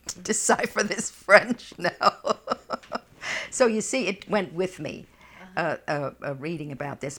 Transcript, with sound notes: decipher this French." ( she laughs ) So, you see, it went with me, reading about this.